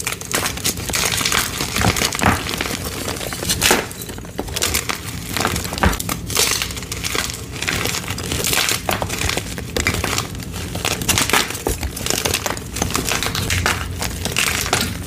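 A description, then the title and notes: Dyed gym chalk blocks are crushed in a steady stream of crisp, crunchy crackles for the whole fifteen seconds. Sharp, bright crunches stand out every second or so, including around 4, 6, 9 and 14 seconds, over a constant gritty crumbling texture. Ombré Rainbow Dyed Gym Chalk & Plain Reforms. Crispy, crunchy, vibrantly colored gym chalk blocks satisfyingly crushed to perfection. Rainbow dyed gym chalk crush.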